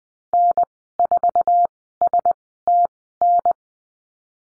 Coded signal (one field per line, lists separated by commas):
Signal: Morse code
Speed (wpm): 20 wpm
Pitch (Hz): 700 Hz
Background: none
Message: N4STN